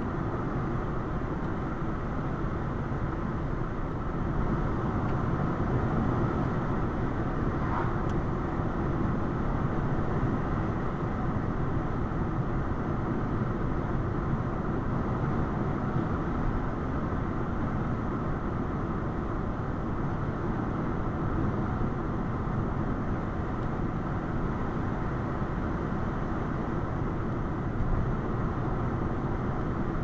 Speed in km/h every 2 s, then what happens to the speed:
97, 97, 97, 97, 97, 97, 97, 97, 97, 97, 97, 97, 97, 97, 97.
0-30 steady at about 97.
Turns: none.